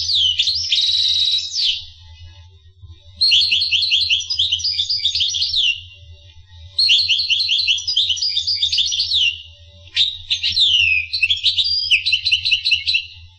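Finch song in four bursts of rapid, buzzy twittering and trills high in pitch, separated by short pauses, over a constant low hum.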